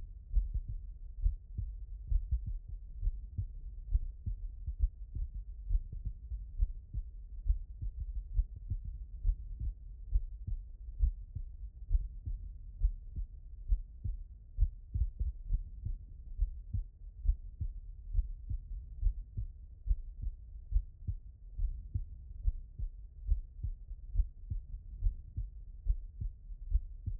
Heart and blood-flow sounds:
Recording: heart sounds by stethoscope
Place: aortic valve (AV)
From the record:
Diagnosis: non-HFrEF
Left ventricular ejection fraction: 69%

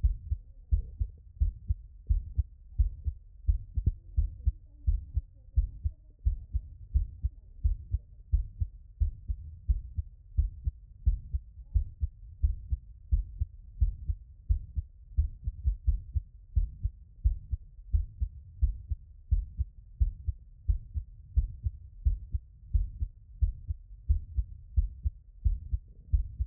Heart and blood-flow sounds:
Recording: heart sounds by stethoscope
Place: tricuspid valve (TV)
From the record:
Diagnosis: non-HFrEF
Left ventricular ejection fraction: 71%

